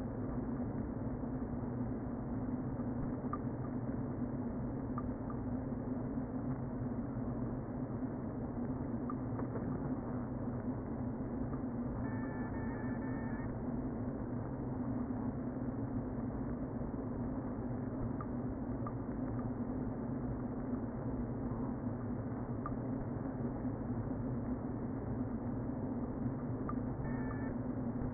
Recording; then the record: honeybee colony, microphone inside the hive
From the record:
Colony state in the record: queen present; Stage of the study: before two queens were removed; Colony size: about 60,000 bees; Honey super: yes